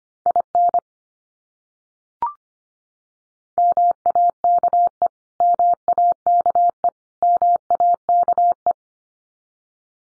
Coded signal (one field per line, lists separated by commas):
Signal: Morse code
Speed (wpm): 25 wpm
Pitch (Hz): 700 Hz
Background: none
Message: IN MAKE MAKE MAKE